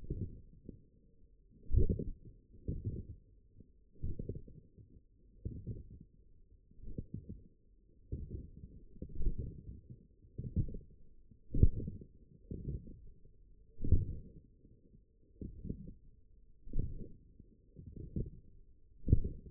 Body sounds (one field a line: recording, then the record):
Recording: forearm muscle sounds (acoustic myography)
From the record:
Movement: forearm pronation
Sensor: system 1, eight BSWA MPA416 microphones around the upper forearm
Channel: 7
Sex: male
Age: 42 years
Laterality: right